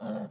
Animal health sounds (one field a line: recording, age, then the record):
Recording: pig call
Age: piglet (1 to 25 days)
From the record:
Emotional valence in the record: negative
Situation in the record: short isolation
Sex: male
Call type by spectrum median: low-frequency call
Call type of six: low-frequency modulated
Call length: 0.30 s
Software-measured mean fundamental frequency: 54 Hz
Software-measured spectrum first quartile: 212 Hz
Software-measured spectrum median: 360 Hz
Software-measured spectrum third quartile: 644 Hz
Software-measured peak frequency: 211 Hz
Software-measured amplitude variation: 108 dB a second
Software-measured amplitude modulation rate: 14.8 a second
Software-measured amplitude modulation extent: 7.3 dB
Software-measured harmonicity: 3.3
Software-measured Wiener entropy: -0.40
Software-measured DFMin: 971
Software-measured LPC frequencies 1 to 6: 561, 1419, 3224, 4522, 5672, 6957 Hz